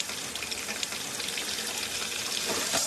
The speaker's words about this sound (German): Im Film, der sich mit den Umweltfolgen der Tiefbohrtechnik befasst, hält ein Betroffener ein brennendes Feuerzeug an einen laufenden Wasserhahn.